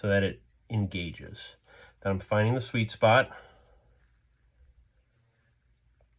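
A rotating bezel ring is positioned on a Rolex GMT Master wristwatch case with an aluminum bezel, aligned to find the spot where it engages its click spring before pressure is applied. Someone talks throughout the clip, and apart from that the stretch is quiet, with no hits. Nothing has seated or clicked yet.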